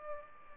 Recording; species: mosquito wingbeat signal from an infrared sensor; Aedes aegypti